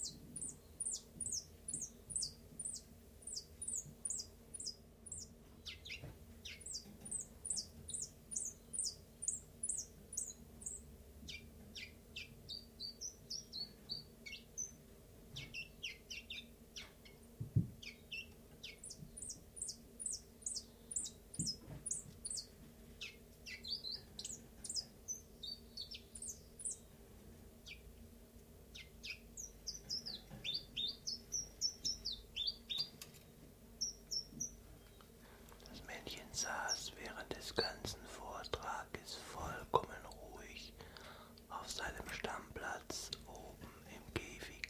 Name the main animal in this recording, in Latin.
Phylloscopus collybita